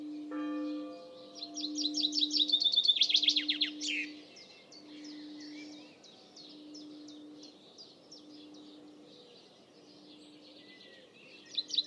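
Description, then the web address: Bird song with a loud rapid trill of descending chirps, followed by softer spaced high notes and a low steady hum pulsing underneath. "cianscape birddata Deverinetal 2025 Bird Only Fr Co"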